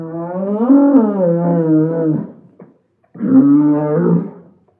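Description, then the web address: Cattle: bull bellowing, two long deep harmonic calls, the first about two seconds with a rising then wavering tone, a short pause, then a second shorter bellow. Bull (adult male), long bellows. "SFXSource. Bull Bellows Long"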